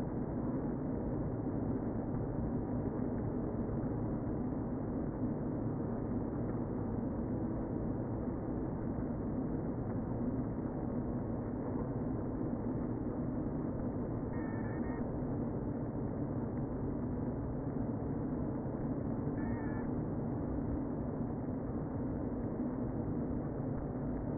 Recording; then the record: honeybee colony, microphone inside the hive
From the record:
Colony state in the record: queen present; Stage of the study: before two queens were removed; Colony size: about 60,000 bees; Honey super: yes